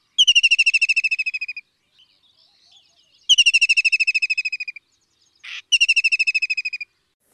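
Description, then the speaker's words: White-throated kingfisher calling, loud high whinnying trills of rapid descending notes, three bursts of over a second each, with a brief noise burst between the last two. Loud, clear call. "Yes, Adil, I can hear the white-throated kingfisher calling, loud and clear."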